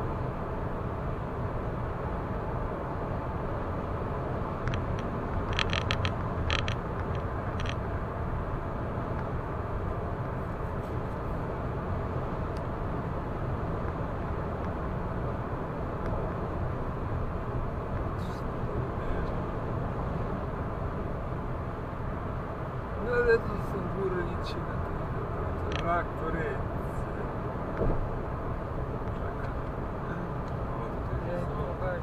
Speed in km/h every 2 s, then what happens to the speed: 116, 116, 116, 116, 116, 116, 116, 116, 116, 116, 115, 115, 115, 115, 115, 115.
0-32 steady at about 116.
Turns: none.